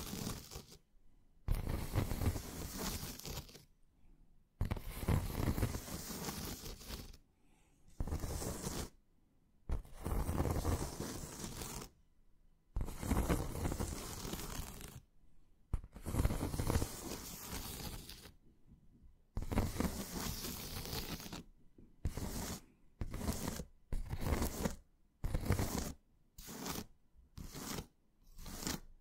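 Hand movements over a surface: bursts of scratching, stroking and squeezing, each lasting one to three seconds, separated by short silences. The sound is coarse and rustly, full from low to bright. Toward the end the bursts shorten into quicker, regular taps.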